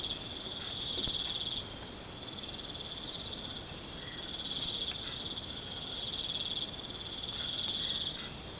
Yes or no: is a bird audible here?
no